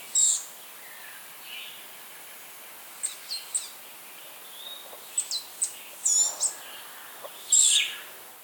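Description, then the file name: Blue-grey gnatcatcher calls: thin, very high, wheezy notes given singly or in quick pairs at irregular intervals, with quiet gaps between and faint background hiss. "Polioptila caerulea - Blue-grey Gnatcatcher"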